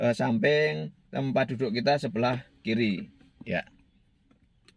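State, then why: Seated. Someone talks while a metal seat belt tongue is pushed into the buckle receiver beside the car seat on the left. After the talking stops, a short click is heard at 4.7 seconds as the tongue latches into the buckle, and the belt is seated.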